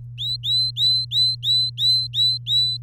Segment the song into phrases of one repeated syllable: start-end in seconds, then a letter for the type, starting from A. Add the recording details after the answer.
0.18-2.77 A. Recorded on 3 May 2018 at 16:48. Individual llb3